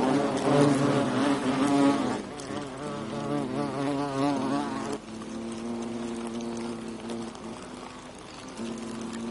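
European hornet wing buzz, a loud low drone with shifting pitch that drops in volume after two seconds and again after five seconds.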